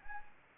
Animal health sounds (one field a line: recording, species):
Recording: mosquito wingbeat signal from an infrared sensor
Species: Anopheles arabiensis